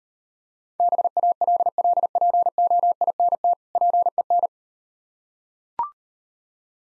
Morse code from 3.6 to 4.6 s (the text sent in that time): PEN